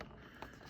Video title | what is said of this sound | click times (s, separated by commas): 6.0 Powerstroke Race Truck Weight Reduction and ISSPRO Gauge Install!!! | hold on gauge start it back in the port there and then just clip it in | 0.0 s, 0.4 s